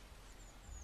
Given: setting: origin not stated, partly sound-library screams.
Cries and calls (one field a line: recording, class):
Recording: one-second piece from a danger detection set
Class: normal situation